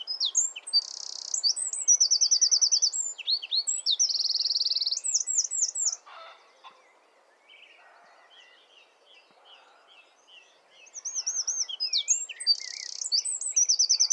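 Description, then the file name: Eurasian wren pouring out a vigorous high song with rattling trills for about six seconds, falling quiet, then beginning another burst near the end. "Troglodytes troglodytes"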